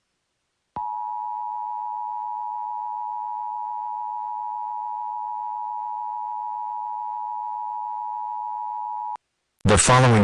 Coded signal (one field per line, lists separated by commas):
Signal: Emergency Alert System (SAME) tones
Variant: 853 and 960 Hz attention tone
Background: speech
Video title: (EAS SCENARIO) NOT A FLU (Part One)